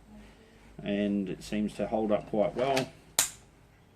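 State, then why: Seated. Someone talks, then a Glock Field Knife 81 fixed-blade knife is pushed into its plastic sheath. One sharp snap at 3.2 s marks the retention lock grabbing the blade, and the knife is seated.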